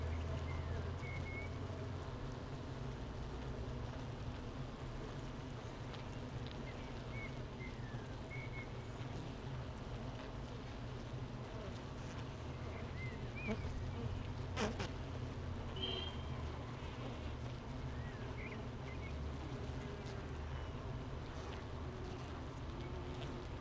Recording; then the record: honeybee colony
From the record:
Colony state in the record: missing queen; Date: 31 May 2018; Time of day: 8:50